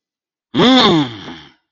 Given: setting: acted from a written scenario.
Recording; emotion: vocal sound without words; anger